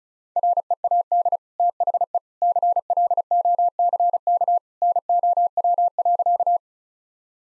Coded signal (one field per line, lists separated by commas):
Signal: Morse code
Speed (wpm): 36 wpm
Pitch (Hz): 700 Hz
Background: none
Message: READ THE CLOCK NOW.